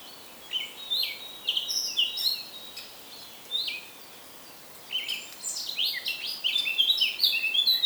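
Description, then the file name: Eurasian blackcap song: a brief warbled phrase, then a pause, then a louder, fuller run of quick varied notes. "Sylvia atricapilla"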